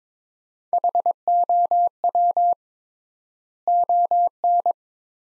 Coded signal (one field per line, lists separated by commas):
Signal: Morse code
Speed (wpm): 22 wpm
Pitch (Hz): 700 Hz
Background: none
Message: HOW ON